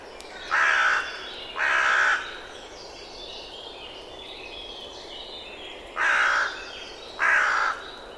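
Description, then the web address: Bird uttering harsh cawing calls, two spaced about a second apart, a gap of roughly four seconds, then another close pair. "birddata Deverinetal 2025 Bird Only"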